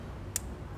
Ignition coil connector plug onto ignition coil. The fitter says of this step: Sudah klik kita coba teman-teman